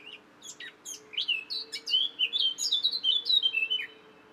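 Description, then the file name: Eurasian blackcap singing, soft chattering notes at first, then a rich burst of fluty, rising and falling whistled phrases delivered quickly; a faint steady hum underneath. "Sylvia atricapilla"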